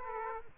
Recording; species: mosquito wingbeat signal from an infrared sensor; Aedes aegypti